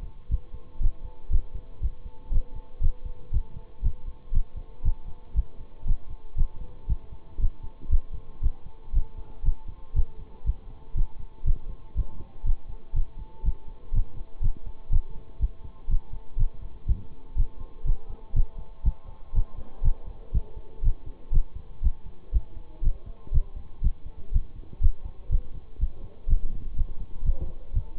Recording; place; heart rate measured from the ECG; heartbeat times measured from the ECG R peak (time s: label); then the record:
heart sounds by stethoscope; between the tricuspid and mitral areas; 120 bpm
0.29 s: heartbeat
0.80 s: heartbeat
1.30 s: heartbeat
1.81 s: heartbeat
2.31 s: heartbeat
2.81 s: heartbeat
3.32 s: heartbeat
3.82 s: heartbeat
4.32 s: heartbeat
4.83 s: heartbeat
5.34 s: heartbeat
5.85 s: heartbeat
6.36 s: heartbeat
6.87 s: heartbeat
7.39 s: heartbeat
7.89 s: heartbeat
8.41 s: heartbeat
8.93 s: heartbeat
9.43 s: heartbeat
9.94 s: heartbeat
10.45 s: heartbeat
10.95 s: heartbeat
11.45 s: heartbeat
11.95 s: heartbeat
12.44 s: heartbeat
12.94 s: heartbeat
13.44 s: heartbeat
13.93 s: heartbeat
14.42 s: heartbeat
14.91 s: heartbeat
15.40 s: heartbeat
15.89 s: heartbeat
16.37 s: heartbeat
16.87 s: heartbeat
17.36 s: heartbeat
17.85 s: heartbeat
18.34 s: heartbeat
18.84 s: heartbeat
19.33 s: heartbeat
19.83 s: heartbeat
20.33 s: heartbeat
20.83 s: heartbeat
21.32 s: heartbeat
21.82 s: heartbeat
22.32 s: heartbeat
22.82 s: heartbeat
23.32 s: heartbeat
23.82 s: heartbeat
24.32 s: heartbeat
24.81 s: heartbeat
25.30 s: heartbeat
25.79 s: heartbeat
26.28 s: heartbeat
26.76 s: heartbeat
27.24 s: heartbeat
27.73 s: heartbeat
From the record:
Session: bicycle stress test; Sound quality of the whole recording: good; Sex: male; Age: 26 years